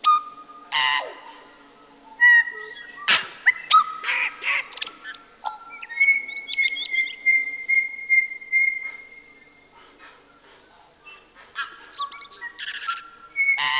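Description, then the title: Tui song, long and varied: crackling bursts, knocking clicks and mixed whistles, then a long steady whistled note held for several seconds, ending in further wheezes and clicks. "Tui sings"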